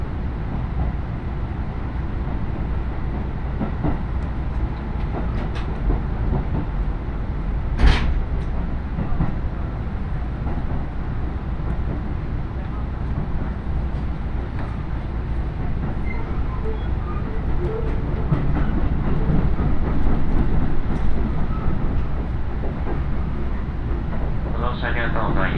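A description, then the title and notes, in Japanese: A ride on a train on the Iida Line, with a steady low rumble of the rail car running throughout. Faint voices surface now and then, a sharp clack stands out near the eighth second, and a brief rising tone appears at the very end. 鉄道旅 飯田線 辰野→伊那市。やってきたのは313系の2両編成。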